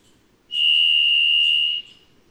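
Varied thrush song: one long, steady whistled tone held about a second and a quarter, slightly burry, against a quiet background.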